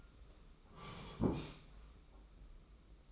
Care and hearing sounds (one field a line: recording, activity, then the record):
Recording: daily activity, microphone in the room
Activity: sit down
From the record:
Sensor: 1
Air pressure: 991.7 hPa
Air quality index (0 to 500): 152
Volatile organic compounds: 1000 ppm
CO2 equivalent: 5625 ppm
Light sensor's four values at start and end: 29/99/38/39 and 30/102/39/40